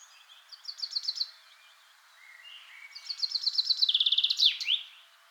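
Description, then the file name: Common chaffinch song, given twice: a quick descending trill of repeated notes, the second longer and closing with a sharp terminal flourish; other faint bird notes between. "Fringilla coelebs"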